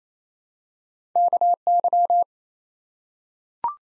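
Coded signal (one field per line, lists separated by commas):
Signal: Morse code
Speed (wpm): 28 wpm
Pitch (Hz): 700 Hz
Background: none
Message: KY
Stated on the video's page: Morse practice at 28 wpm: ARRL sections and DX as used in Field Day contest exchanges, each sent twice for head-copy.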